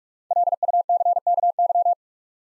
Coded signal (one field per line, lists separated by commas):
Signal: Morse code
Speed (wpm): 44 wpm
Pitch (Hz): 700 Hz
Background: none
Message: LUCKY